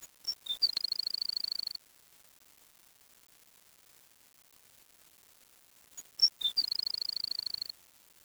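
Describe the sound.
Bird song: a few high, sharp whistled notes leading into a fast, even trill lasting about a second. The phrase repeats once after a four-second silence.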